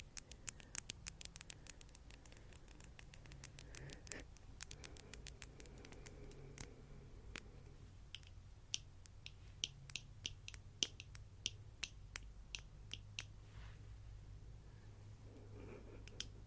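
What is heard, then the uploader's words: Fingernails tap in quick, sharp clicks, dense and rapid for the first seven seconds, then sparser and more irregular after that. Underneath runs a low, soft brushing rumble that swells and fades, rising again near the end. ASMR Nail Tapping & Fluffy Mic Brushing.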